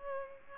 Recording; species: mosquito wingbeat signal from an infrared sensor; Culex pipiens